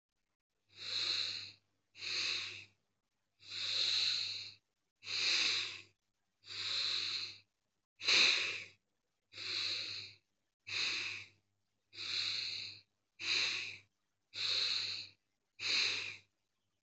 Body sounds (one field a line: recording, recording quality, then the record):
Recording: deep breathing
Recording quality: excellent, no background noise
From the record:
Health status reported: recovered from COVID-19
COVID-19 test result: positive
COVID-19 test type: RT-PCR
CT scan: not taken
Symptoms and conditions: cough, fever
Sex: female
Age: 25 years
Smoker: no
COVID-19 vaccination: both doses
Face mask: worn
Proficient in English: yes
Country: India